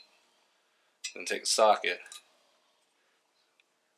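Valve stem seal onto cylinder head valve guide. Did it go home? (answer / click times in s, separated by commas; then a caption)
no / none. A rubber valve stem seal sits on a cylinder head valve guide with a socket placed over it, lined up and ready to be pushed straight down. Someone talks briefly from about 1.0 to 2.4 seconds, then it is quiet apart from one faint, very short tick at 3.6 seconds. The seal has not been pressed on yet and nothing has seated or clicked.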